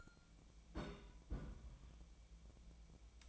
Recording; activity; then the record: daily activity, microphone in the room; place on stove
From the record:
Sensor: 1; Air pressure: 1000.0 hPa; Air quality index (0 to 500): 134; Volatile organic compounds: 2 ppm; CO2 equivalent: 1268 ppm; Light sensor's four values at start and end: 36/91/38/47 and 36/91/38/47